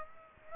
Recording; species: mosquito wingbeat signal from an infrared sensor; Aedes aegypti